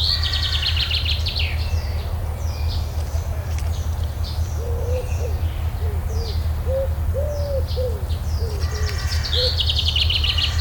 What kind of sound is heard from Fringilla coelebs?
song